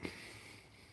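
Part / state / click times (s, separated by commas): first telescoping rod lock in portable tower light / not seated / none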